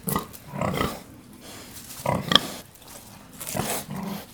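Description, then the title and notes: Pig grunting in short, coarse bursts, separated by quieter rustling. Black sow nursing six piglets, farm at Cascina Pasque', Besnate (Via 1° Maggio, Bernate VA), Italy, 11 December 2018. "Via 1° Maggio, 11, 21020 Bernate VA, Italia - Un maiale nero con i suoi sei maialini in atto di allattamento. Besnate - Cascina Pasque' - 20181211"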